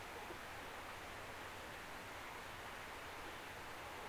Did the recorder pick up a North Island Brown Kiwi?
no